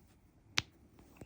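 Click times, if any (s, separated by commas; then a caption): 0.6 s. A plastic neck joint piece from a handmade plush doll kit is snapped onto the plush doll body. A single sharp snap at 0.6 s stands out above quiet background noise, followed by a few faint taps near 1.2 s. The neck joint snaps on and is seated.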